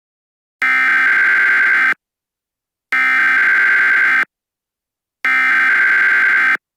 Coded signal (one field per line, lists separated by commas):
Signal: Emergency Alert System (SAME) tones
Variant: header bursts